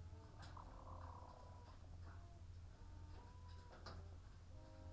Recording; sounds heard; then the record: poultry house recording; sick chickens (respiratory disease)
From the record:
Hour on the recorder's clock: 15